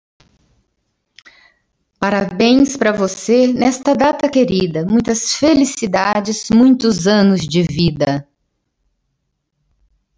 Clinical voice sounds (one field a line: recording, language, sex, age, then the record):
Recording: short text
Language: Brazilian Portuguese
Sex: female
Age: 50 to 59 years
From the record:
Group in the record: control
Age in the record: 54 years